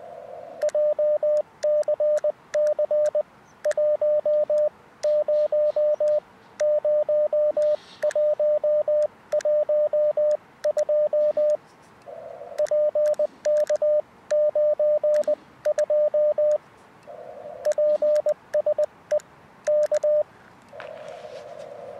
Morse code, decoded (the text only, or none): JCC 100112 PK92 PSE K